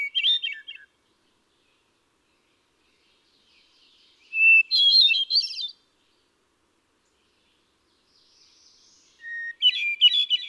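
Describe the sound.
Hermit thrush delivering repeated phrases: a pure introductory whistle, then cascading echoing notes, each phrase at a new pitch, with long pauses and a faint buzzy sound between.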